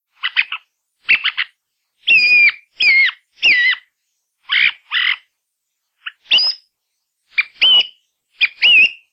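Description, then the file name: Thrush song: short, clear, chirpy and whistled phrases, several given twice in quick succession, separated by brief pauses, with no other sounds. "TORDOZAPPAVIGNA"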